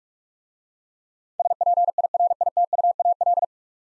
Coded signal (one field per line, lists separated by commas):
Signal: Morse code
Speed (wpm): 44 wpm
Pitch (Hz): 700 Hz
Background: none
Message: SPIRITUAL